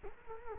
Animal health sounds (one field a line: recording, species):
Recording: mosquito wingbeat signal from an infrared sensor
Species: Culex quinquefasciatus